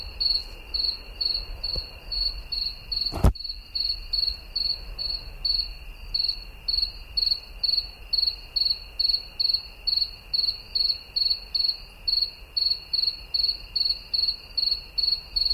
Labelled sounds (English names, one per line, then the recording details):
Two-spotted Cricket stridulation
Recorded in the wild
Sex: male
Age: imago
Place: Chania, Insel Kreta, GR
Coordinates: 35.5164, 24.0189
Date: 1996-10-12 21:00
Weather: 17°C, cloudy
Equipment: Sony MD-WM MZ-R3, Sennheiser MKH 416 T, Kopie Uher 4000 Report Monitor
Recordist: Tembrock, Günter